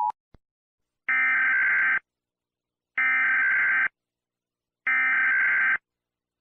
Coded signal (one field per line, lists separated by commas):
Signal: Emergency Alert System (SAME) tones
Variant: header bursts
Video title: Rating 25 EAS Alarms | Estilo Gacha Club | Pinstripe King SSJ4